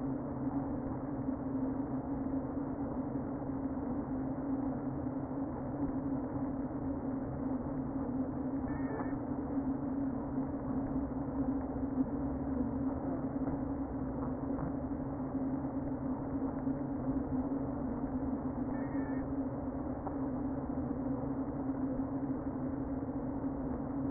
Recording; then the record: honeybee colony, microphone inside the hive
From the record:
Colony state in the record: queen present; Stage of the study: before two queens were removed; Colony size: about 60,000 bees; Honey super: yes